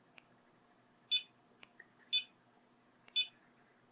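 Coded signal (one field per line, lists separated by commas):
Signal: none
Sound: transmitter's confirmation beeps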